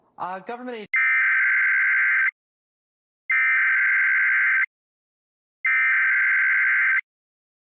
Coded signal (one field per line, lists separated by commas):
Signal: Emergency Alert System (SAME) tones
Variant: header bursts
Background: speech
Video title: EAS Scenario: Frederick County To National Fire Outbreak (Part 1)